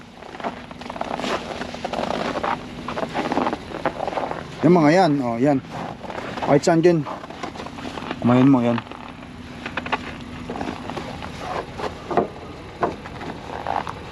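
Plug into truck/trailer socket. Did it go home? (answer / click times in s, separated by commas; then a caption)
no / none. A plug is handled at a truck/trailer socket while someone talks, with scattered short knocks and taps over a steady low background hum. Nothing has seated or clicked yet; the plug is not yet home when the clip ends.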